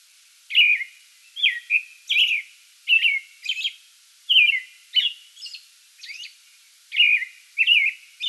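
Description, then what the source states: American robin giving clear whistled phrases one after another with short pauses, with occasional high thin notes. Song bout, 8 May 2022.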